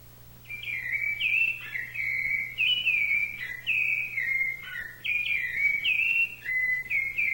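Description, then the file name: Thrush song of repeated clear whistles, each phrase a quick upward flick then a downward glide, continuing for about seven seconds over a faint hum. "SABIA"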